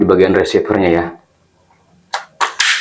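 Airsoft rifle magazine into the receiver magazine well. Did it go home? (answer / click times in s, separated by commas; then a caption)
yes / 2.1 s, 2.6 s. Someone talks, then the metal magazine of an airsoft AK101 gas blowback rifle is rocked into the receiver magazine well. Sharp clicks sound at 2.1 s and 2.6 s as it locks in place, and the magazine is seated.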